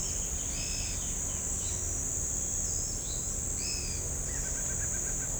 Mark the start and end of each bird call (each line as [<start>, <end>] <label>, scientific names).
[0.48, 1.00] Atalotriccus pilaris
[2.61, 2.97] Tolmomyias flaviventris
[3.59, 3.97] Atalotriccus pilaris
[4.25, 5.31] Sakesphorus canadensis